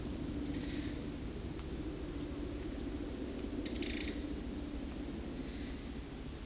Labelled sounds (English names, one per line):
none